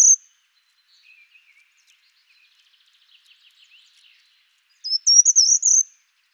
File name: certhia brachydactyla